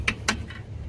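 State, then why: Not seated. A steel drum brake return spring on the rear brakes of a 1993 Ford Bronco 5.8 is stretched with a brake spring tool and hooked toward its hole in the brake shoe. Two sharp metallic ticks ring out at about 0.1 and 0.3 seconds over a low steady hum, followed by fainter ticking. The spring has not seated or snapped into place yet.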